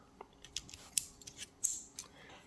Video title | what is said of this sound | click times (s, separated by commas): Olympia SM3 / SM4 - Removing And Cleaning Keys | snaps into place | 1.6 s